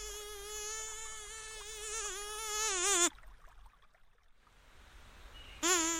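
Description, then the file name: Mosquito whine, a steady buzzy drone with rich overtones lasting about three seconds and ending in a falling sweep, then near silence before the whine returns briefly. In nature. "3 D zvuki - Komar na prirode tolko v naushnikah"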